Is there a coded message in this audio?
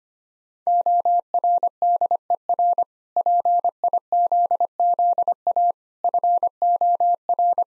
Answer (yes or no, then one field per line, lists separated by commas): yes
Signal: Morse code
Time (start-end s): 0.7-7.6 s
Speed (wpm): 25 wpm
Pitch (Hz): 700 Hz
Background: none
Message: ORDER PIZZA FOR